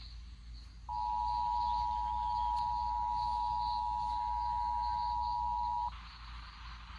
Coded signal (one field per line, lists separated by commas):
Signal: Emergency Alert System (SAME) tones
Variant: 853 and 960 Hz attention tone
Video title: Alerts of the Week: S1 Ep 3: Week of 8/30/21 (Old EAS 291-313)